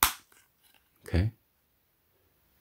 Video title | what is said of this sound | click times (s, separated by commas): Samsung S20 Ultra 5G On Poetic Cases! | Be sure to push all the way down until you hear a click. | 0.0 s